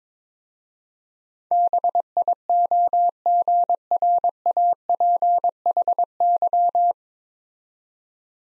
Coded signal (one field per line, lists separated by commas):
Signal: Morse code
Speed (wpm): 22 wpm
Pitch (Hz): 700 Hz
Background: none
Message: BIOGRAPHY